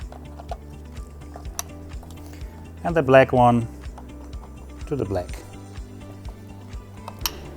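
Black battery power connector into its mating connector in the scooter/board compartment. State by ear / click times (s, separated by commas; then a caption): seated / 7.3 s. On a JetWave A 230 Scooter, the black battery power plug is pushed into its matching black connector inside the board's battery compartment while someone talks over background music. A few light ticks come first, then a sharp click at 7.3 s shows the connector is seated and the connection is secure.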